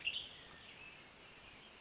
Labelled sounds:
Western Tanager (Piranga ludoviciana)
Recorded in Sonoma County, California

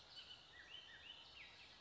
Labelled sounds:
Bullock's Oriole (Icterus bullockii)
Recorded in Sonoma County, California

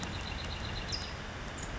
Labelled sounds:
California Towhee (Melozone crissalis)
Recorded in Sonoma County, California

